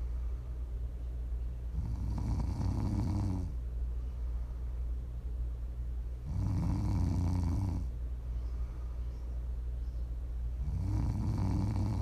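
Three low, rough, rumbling snores come at a slow, steady pace of about 13 breaths a minute, each lasting a second or more. A constant low hum runs underneath. This is ordinary snoring.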